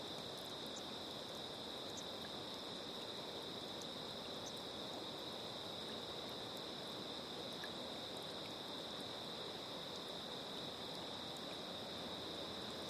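A river rushes steadily, full and low, with a thin constant high whine above it and faint scattered ticks throughout.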